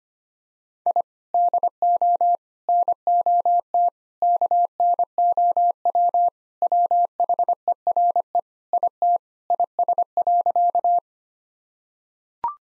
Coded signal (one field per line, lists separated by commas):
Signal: Morse code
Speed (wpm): 25 wpm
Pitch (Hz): 700 Hz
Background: none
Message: I DO NOT KNOW WHERE IT IS.